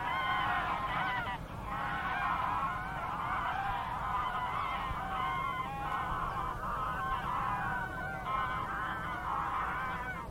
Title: Gaggles of geese, River Thame, England, UK on 23rd September 2023 – by Paul Ridout